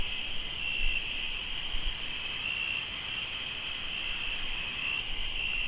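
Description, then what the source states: Continuous shrill cricket trilling in two layered tones, with faint low thuds and soft outdoor noise beneath. Crickets recorded in Tlayacapan, Morelos.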